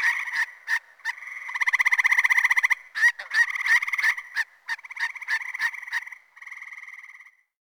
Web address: frog-calls Gray treefrog